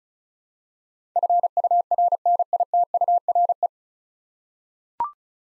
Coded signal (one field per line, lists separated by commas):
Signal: Morse code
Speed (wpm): 36 wpm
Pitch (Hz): 700 Hz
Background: none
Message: FURNITURE